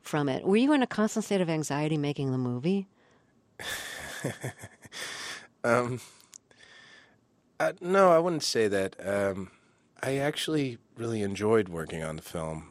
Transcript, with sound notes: Were you in a constant state of anxiety making the movie?
(LAUGHTER)
No, I wouldn't say that. I actually really enjoyed working on the film.